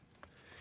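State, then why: Seated. A replacement locking clip is fished through the broken-off tab of a plastic ignition coil electrical connector, pushed down and pulled through. It gives a short, sharp click at 0.2 s over quiet background noise, and the clip is seated on the connector.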